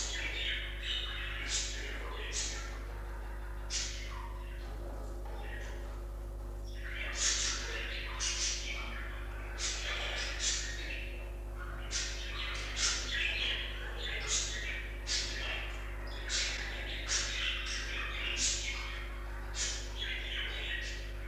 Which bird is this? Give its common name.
Budgerigar